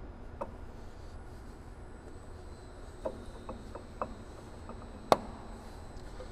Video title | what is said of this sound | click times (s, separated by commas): Advanced Blade Touch Off - Park Industries Service Tips | sure you hear that front flange seat up against there | 5.1 s